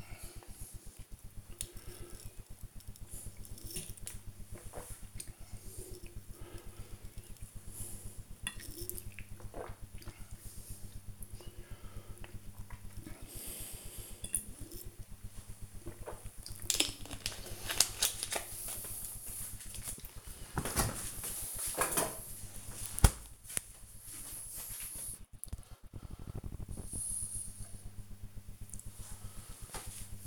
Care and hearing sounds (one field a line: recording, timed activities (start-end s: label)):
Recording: household activities, microphone on the right wrist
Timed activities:
0.00-16.89 s: drinking